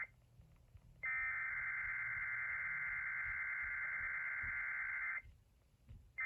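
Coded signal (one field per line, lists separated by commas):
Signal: Emergency Alert System (SAME) tones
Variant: header bursts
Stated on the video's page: Tornado watch alert.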